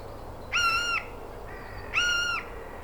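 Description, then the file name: Eurasian jay calls: two drawn-out, steady, nasal notes about half a second each, spaced roughly a second and a half apart. "Garrulus glandarius"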